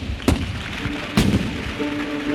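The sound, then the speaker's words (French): Two heavy cannon shots boom about a second apart, each a sharp crack followed by a low rumbling tail, over a steady murmuring background with a faint sustained tone; cannons fired outside after the head of state's speech, announcing the opening of the 1931 International Colonial Exhibition in Paris. “Le chef de l'État a à peine terminé son discours que retentissent à l'extérieur le son des tirs des canons.”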